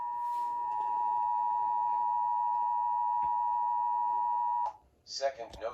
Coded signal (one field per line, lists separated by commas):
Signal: Emergency Alert System (SAME) tones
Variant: 853 and 960 Hz attention tone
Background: speech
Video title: MY FIRST HMW EAS#450